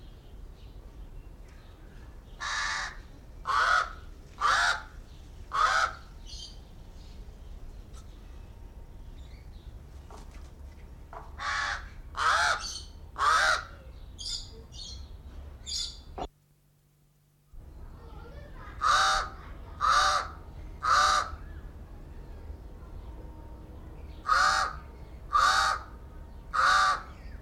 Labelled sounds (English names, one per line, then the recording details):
Pied Crow call
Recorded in captivity
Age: adult
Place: Zoo Berlin, Berlin, DE
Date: 1993-07-17 12:51
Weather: wolkig, 22°C
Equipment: Marantz CP 430, Sennheiser ME 80, Kopie Uher Variocord 263
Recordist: Tembrock, Günter